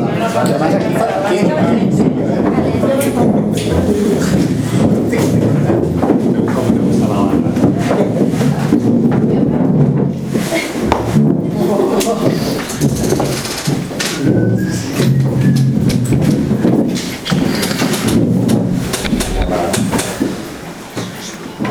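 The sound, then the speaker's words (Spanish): Extra chairs scrape and thump as they are dragged and set down, a run of irregular wooden knocks and rattles over steady background chatter from several people. “Pongo más sillas aquí.”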